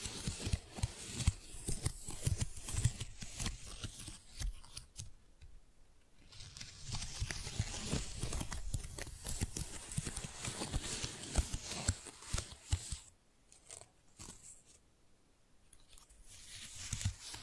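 Tingly flower sounds: dense crinkling, snipping and soft tearing with crisp, bright detail, easing into quieter pauses near 5 and 13–16 seconds.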